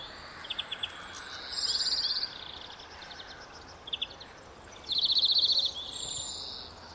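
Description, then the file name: European greenfinch with short twittered notes and two longer dry buzzy trills, spaced a few seconds apart, against faint steady noise. "Chloris chloris"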